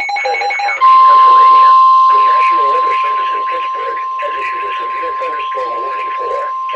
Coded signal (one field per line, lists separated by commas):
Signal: Emergency Alert System (SAME) tones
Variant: 1050 Hz attention tone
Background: speech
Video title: Severe T-Storm Warning [EAS #162] 1-30-13 (NWS Pittsburgh, PA)